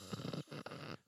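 A slight, coarse, low-pitched rattling breath lasting about a second, in two gravelly, purring bursts with a brief pause between: a little rattle in an adult's breathing, from loose secretions in the airways.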